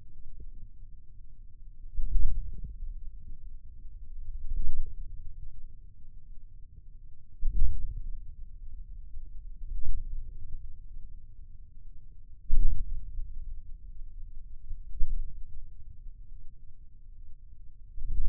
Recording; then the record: forearm muscle sounds (acoustic myography)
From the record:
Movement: hand closing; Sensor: system 2, bracelet of six BSWA MPA416 microphones around the upper forearm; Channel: 6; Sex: male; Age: 22 years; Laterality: right